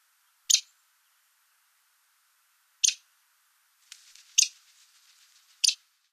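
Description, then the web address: Lewis's woodpecker uttering brief, sharp, rasping notes about one to two and a half seconds apart, with a faint scratchy rustle between the later notes. North America. "Songs of Birds of North America Stokes. Lewiss Woodpecker"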